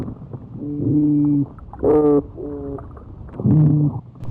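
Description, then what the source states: Oyster toadfish advertisement call: low, harmonic-rich boat-whistle hoots, each under a second long, repeated four times with short gaps. Underwater call made when the fish wants to draw attention to itself.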